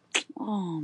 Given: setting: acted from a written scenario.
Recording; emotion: vocal sound without words; guilt